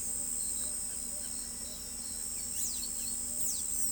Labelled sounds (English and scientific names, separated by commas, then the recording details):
Pale-vented Pigeon (Patagioenas cayennensis), Blue-gray Tanager (Thraupis episcopus)
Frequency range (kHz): Pale-vented Pigeon (Patagioenas cayennensis) 0.3-0.7 kHz
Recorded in pastures near Pivijay, Magdalena, Colombia, on 5 June 2023 at 05:30
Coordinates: 10.456, -74.369
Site P6-G026